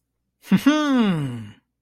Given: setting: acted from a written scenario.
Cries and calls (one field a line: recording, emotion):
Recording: vocal sound without words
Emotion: pride